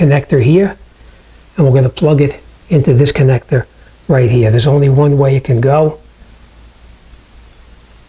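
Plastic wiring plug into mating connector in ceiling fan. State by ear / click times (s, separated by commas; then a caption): not seated / none. A keyed plastic wiring plug is handled and lined up with its mating connector in a ceiling fan before the two are pushed together, fitting only one way with a small locking bump. Someone talks in short bursts over a low steady hiss, then it falls quiet after about 6 seconds. Nothing has seated or clicked yet.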